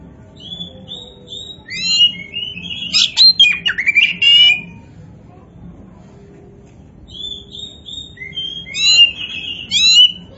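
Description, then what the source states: Oriental magpie-robin song with soft whistled notes building into rich, harsh and slurred phrases, a lull, then another whistled burst. Indonesian name kacer poci; gacor, describing a bird that sings actively and persistently.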